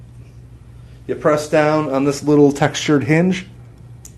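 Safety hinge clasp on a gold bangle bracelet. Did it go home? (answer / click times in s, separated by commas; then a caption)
released / 4.0 s. Someone talks while pressing down on the small textured safety hinge of a 10 karat gold bangle bracelet clasp to release it. A short, sharp tick follows at 4.0 s as the hinge clicks open.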